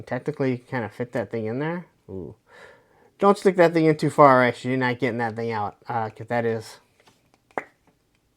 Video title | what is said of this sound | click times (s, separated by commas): GI Joe Classified Footloose Review | You can hear the pop right there. | 7.6 s